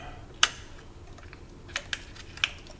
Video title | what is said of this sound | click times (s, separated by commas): Ecodiesel Turbo Coolant Line Leak Repair | go make sure that you make sure those snap into place you'll hear them they go click | 0.4 s